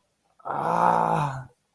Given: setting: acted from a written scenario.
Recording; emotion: vocal sound without words; pain